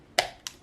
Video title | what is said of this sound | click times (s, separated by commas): Customize the Grips on Your Handgun! | clicks back on there and goes | 0.2 s